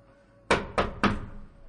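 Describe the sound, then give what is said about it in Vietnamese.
Three firm knocks on a wooden study door, made by a guard, in a quick, even rhythm, each a hollow thump with a short ring-out, standing alone against a quiet background. “Cũng đúng lúc này, gã thị vệ vội vàng chạy tới cửa thư phòng, cố ý để bước chân của mình to tiếng hơn trước khi gõ cửa.”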